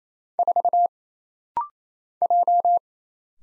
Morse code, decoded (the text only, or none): 4 J